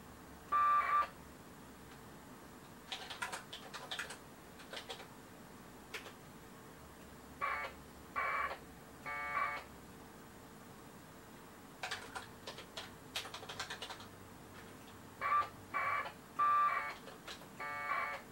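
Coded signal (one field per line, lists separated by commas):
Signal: packet radio (AX.25, as in APRS)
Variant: 1200 baud AFSK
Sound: repeated short warbling data bursts, each starting with a brief steady tone, separated by quiet gaps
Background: radio static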